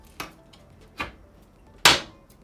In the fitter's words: Locks in very easily.